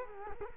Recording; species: mosquito wingbeat signal from an infrared sensor; Culex quinquefasciatus